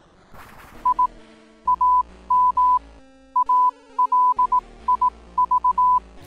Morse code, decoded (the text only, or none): I AM ALIV